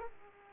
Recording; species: mosquito wingbeat signal from an infrared sensor; Aedes aegypti